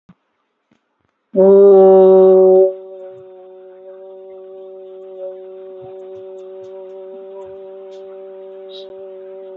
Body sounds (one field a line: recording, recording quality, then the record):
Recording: sustained vowel as in boot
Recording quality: moderate, slight background noise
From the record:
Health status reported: healthy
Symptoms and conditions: none ticked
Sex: female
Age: 58 years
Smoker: not ticked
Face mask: not worn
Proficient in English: yes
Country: India